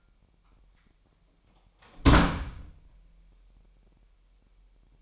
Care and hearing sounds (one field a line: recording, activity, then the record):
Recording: daily activity, microphone in the room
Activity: close door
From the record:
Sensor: 1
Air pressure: 998.4 hPa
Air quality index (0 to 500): 134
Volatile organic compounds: 4 ppm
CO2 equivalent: 1599 ppm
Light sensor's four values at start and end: 18/60/24/25 and 18/60/24/25